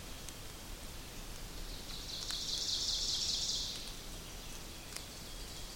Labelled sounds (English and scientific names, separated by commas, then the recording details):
Ovenbird (Seiurus aurocapilla) song
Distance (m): 55 m
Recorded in boreal forest in Alberta, Canada, on 2 June 2016 at 06:11
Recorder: SongMeter 3, array SBT-3-7
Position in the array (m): 193 m, 4 m
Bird 6